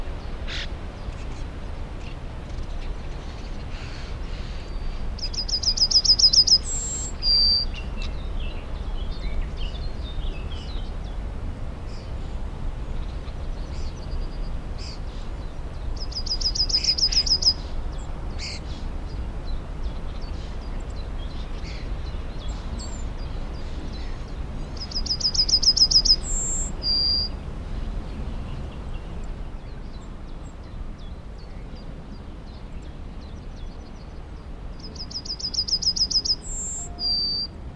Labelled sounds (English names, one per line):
Yellowhammer